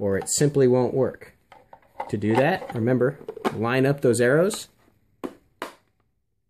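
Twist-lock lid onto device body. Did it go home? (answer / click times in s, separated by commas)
yes / 5.2 s, 5.6 s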